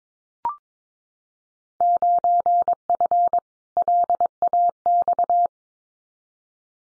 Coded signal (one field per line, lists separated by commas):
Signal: Morse code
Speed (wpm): 22 wpm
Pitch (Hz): 700 Hz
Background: none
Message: 9F LAX